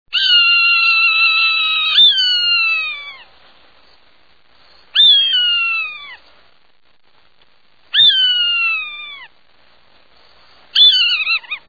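Swainson's hawk calling with long, shrill, drawn-out screams that hold steady then slur downward at the end, repeated about every three seconds, five in total.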